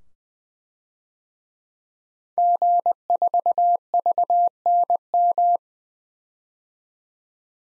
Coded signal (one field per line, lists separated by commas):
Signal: Morse code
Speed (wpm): 20 wpm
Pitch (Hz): 700 Hz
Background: none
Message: G4VNM